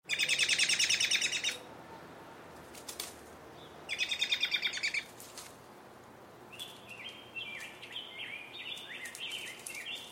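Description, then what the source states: Bird calls: two fast, buzzy, stuttering chatter bursts, followed by a series of short, sharp, upslurred chirps repeated several times per second. Straining bird call, recorded close-up.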